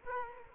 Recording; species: mosquito wingbeat signal from an infrared sensor; Culex quinquefasciatus